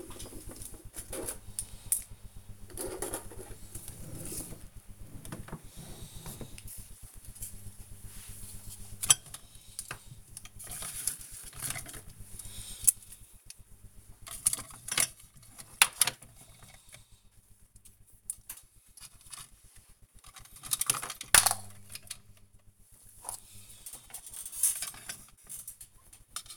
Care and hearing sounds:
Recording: household activities, microphone on the right wrist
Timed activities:
0.00-26.57 s: tidy up the cupboard

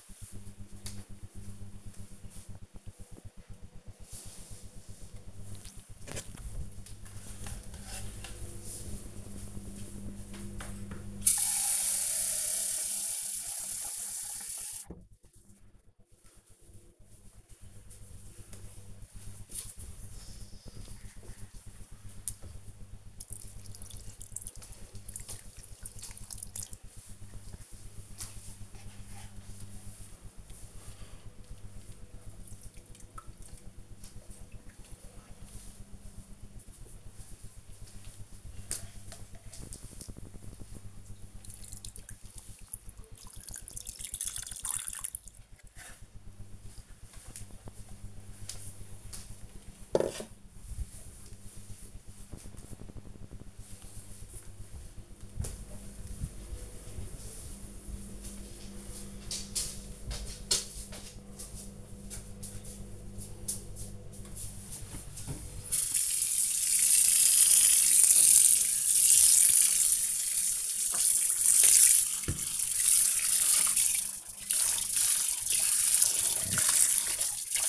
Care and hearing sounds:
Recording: household activities, microphone on the right wrist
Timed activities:
5.06-46.35 s: watering plant
63.45-77.69 s: washing dishes

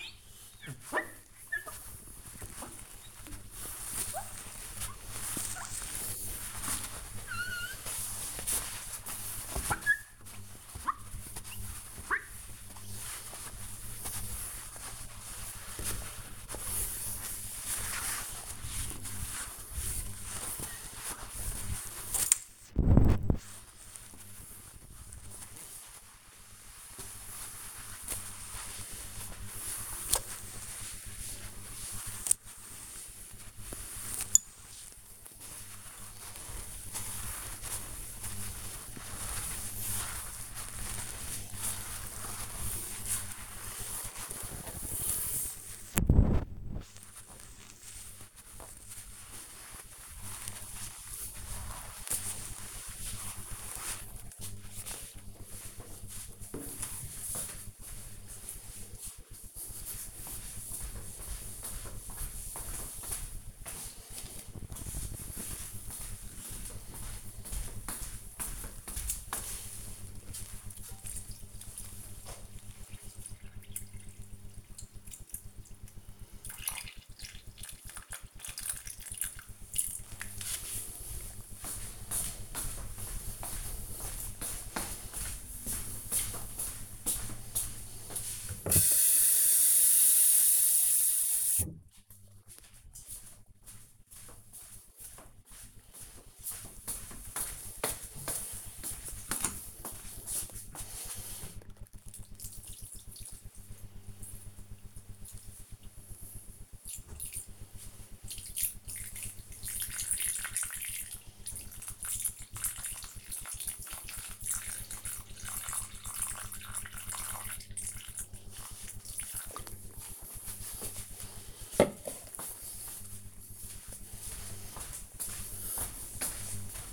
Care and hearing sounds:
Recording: household activities, microphone on the right wrist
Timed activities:
0.00-53.83 s: window cleaning
64.88-120.17 s: watering plant

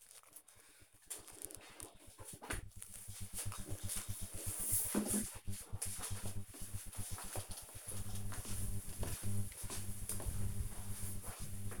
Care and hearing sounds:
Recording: household activities, microphone on the right wrist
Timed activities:
0.00-1.79 s: cleaning out the dishwasher

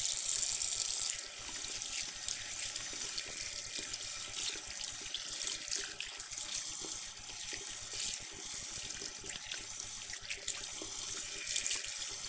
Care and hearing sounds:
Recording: household activities, microphone on the right wrist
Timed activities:
0.00-12.29 s: washing hands

